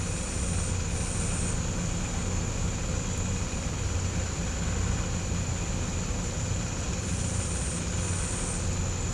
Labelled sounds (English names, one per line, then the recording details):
none
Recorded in pastures near Puerto Asís, Putumayo, Colombia, on 16 December 2024 at 08:00
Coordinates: 0.505, -76.324
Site G063